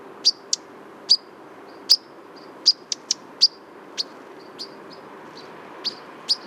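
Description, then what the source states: European Pied Flycatcher calling with short, sharp, high notes, unevenly spaced, some in quick pairs, with fainter notes between. Perched on a black poplar, white wing bar seen, in winter plumage; refound at the end of a dawn autumn walk at Réserve des Ramières, Drôme, during a heritage festival.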